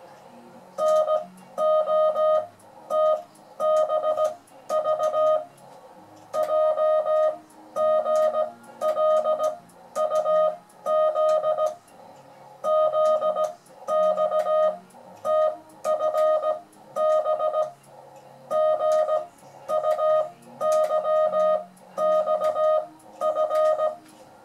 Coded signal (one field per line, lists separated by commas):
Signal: Morse code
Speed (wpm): 17 wpm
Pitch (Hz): 620 Hz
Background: music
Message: NOTBV JGLUZ ZXTFB GUYXF